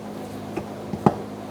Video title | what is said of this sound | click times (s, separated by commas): How to Replace Fuel Pump Module Assembly 2014-2019 Kia Soul (1.6L L4) | And they should snap right in. | 1.1 s